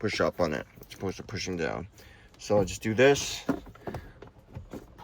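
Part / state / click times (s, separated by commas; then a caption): glove box side stops into dashboard opening / seated / 3.9 s, 4.2 s. Someone talks while the glove compartment is pushed in on both sides so its plastic side stops pass the dash opening. Sharp clicks at 3.9 s and 4.2 s mark the stops snapping into the dashboard, and the glove box locks in place.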